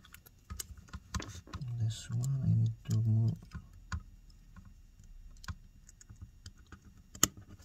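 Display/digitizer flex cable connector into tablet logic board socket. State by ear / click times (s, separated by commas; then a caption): seated / 7.2 s. During an iPad Mini screen and digitizer swap, a display/digitizer flex cable connector is pressed onto its socket on the tablet logic board. Someone talks early on amid scattered light taps and clicks, then a sharp, loud snap at 7.2 s marks the connector clicking into place, fully seated.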